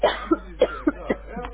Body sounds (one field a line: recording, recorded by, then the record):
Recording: voluntary cough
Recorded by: telephone call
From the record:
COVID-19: positive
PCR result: checked with the laboratory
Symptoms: yes